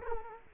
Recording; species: mosquito wingbeat signal from an infrared sensor; Culex quinquefasciatus